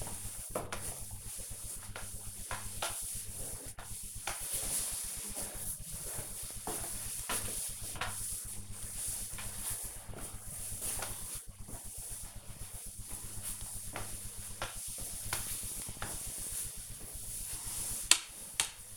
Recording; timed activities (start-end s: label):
household activities, microphone on the right wrist
0.00-18.97 s: floor cleaning